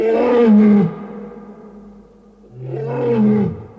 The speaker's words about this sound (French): Grand Dieu ! Un lion !